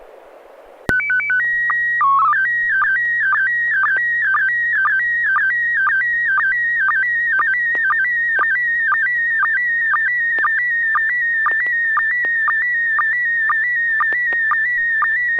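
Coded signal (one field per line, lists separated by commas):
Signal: SSTV (slow-scan television)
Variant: PD 120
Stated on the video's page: SSTV net on an FM repeater at 441.300 MHz in Sacramento, using MMSSTV software.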